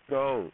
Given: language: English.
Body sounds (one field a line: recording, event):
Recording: throat vibration sensor signal played as sound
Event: speech